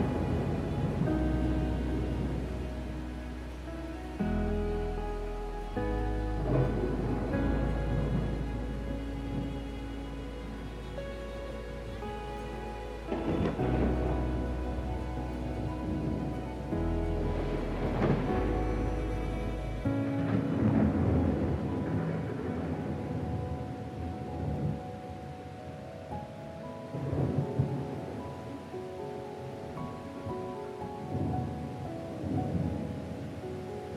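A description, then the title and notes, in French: Soft classical music plays over steady rain, its sustained chords and deep bass notes shifting every few seconds. Thunder rolls through repeatedly, swelling around the middle; after about twenty seconds the low bass falls away, leaving rain, rumbling and gentler melody. ORAGE Relaxant et une MUSIQUE Douce. Endormez-vous aux sons apaisants du tonnerre et de la pluie, accompagnés d'une douce musique classique.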